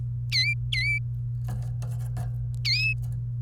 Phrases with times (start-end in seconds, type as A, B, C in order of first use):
0.32-0.98 A, 2.65-2.93 A